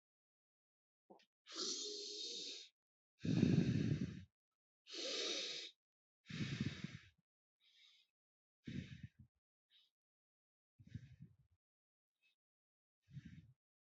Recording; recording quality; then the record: shallow breathing; excellent, no background noise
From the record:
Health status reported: healthy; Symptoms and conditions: none ticked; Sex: male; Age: 30 years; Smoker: not ticked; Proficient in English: yes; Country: United States